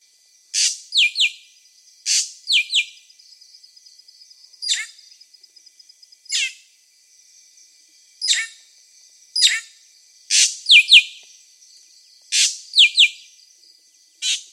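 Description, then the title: Drongo singing harsh buzzy notes and sharp downslurred double chips in irregular phrases, with a brief rapid ticking series between, over a steady high background hiss. "Suara Srigunting. Hobiburung. suara burung srigunting"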